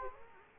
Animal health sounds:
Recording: mosquito wingbeat signal from an infrared sensor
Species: Culex quinquefasciatus

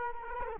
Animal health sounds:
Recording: mosquito wingbeat signal from an infrared sensor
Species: Culex quinquefasciatus

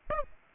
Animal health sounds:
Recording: mosquito wingbeat signal from an infrared sensor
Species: Aedes aegypti

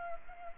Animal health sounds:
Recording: mosquito wingbeat signal from an infrared sensor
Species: Culex pipiens

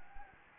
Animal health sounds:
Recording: mosquito wingbeat signal from an infrared sensor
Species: Anopheles gambiae

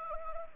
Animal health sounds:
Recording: mosquito wingbeat signal from an infrared sensor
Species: Anopheles arabiensis

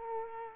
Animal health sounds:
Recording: mosquito wingbeat signal from an infrared sensor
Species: Culex quinquefasciatus

